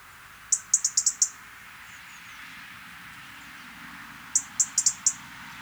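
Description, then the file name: European robin calls, quick series of sharp high ticks, five or six in a row, then a pause and another series, with faint soft notes between. "Erithacus rubecula"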